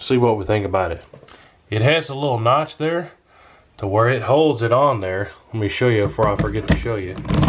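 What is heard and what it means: Someone talks while handling an AR-15 rifle, bringing its magazine well toward a wall mount's insert block, which has a notch meant to engage the magazine catch. Only speech with brief handling noise is heard; nothing has seated or clicked yet.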